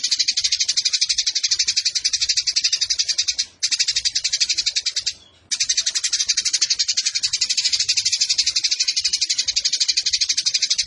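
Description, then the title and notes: Eurasian tree sparrow song: a dense, unbroken stream of rapid high chirps, briefly breaking off twice before resuming at the same fast, even pace. Fighting-style 'tarung nembak panjang' song with long shooting phrases and a clear voice, used as tutor song (masteran) for competition birds. "GEREJA TARUNG NEMBAK PANJANG SUARA JERNIH. Burung Gereja"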